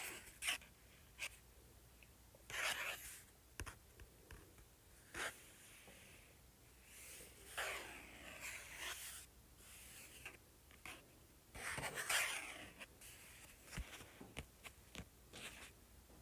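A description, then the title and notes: A paperback book is tapped and scratched in irregular bursts, with short sharp taps and longer bright, rasping scrapes. The sounds come and go, with quiet gaps between them, and stronger scratching near the third, eighth and twelfth seconds over a faint low hum. ASMR Tapping and Scratching Paperback Book.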